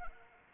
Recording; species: mosquito wingbeat signal from an infrared sensor; Anopheles arabiensis